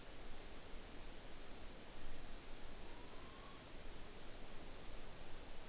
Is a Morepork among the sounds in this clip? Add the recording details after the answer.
yes. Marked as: faintness 3/5. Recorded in New Zealand on 9 October 2013. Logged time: 17:00. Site Ponui